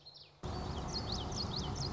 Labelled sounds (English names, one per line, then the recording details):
Common Yellowthroat
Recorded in Sonoma County, California